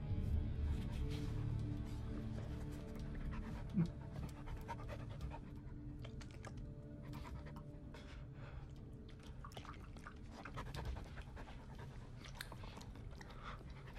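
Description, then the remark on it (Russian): Aboard a ship, a dog pants steadily and heavily for the whole stretch, with wet, smacking licks and slurps as it licks a man sitting on steps, scattered over the rhythmic breathing. No one speaks. “К нему подошел пес и облизывает его доброй мордочкой.”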